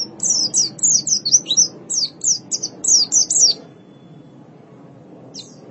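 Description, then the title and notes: White-eye singing a rapid series of high, sharp down-slurred chirps, then falling quiet except for one last note. "Suara kicauan burung pleci"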